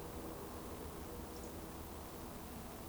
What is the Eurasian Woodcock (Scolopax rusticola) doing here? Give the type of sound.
whistle